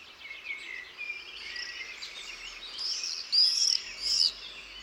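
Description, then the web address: Bird calls: several high chirps and twitters overlapping, with louder sharp whistled notes near the end over a soft background hiss. "aves"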